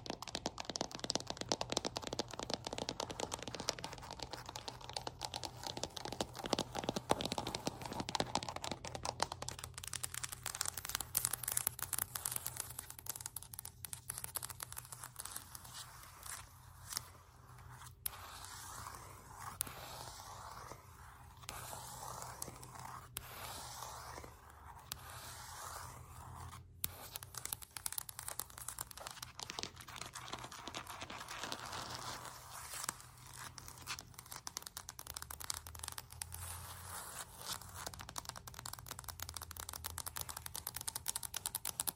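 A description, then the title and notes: Rapid fingertip tapping and scratching on a floor runs throughout, dense and fairly steady, with a low hum and faint steady tone underneath. ASMR Floor Tapping and Scratching, Build up Tapping,(No Talking).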